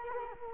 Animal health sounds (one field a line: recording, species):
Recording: mosquito wingbeat signal from an infrared sensor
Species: Culex quinquefasciatus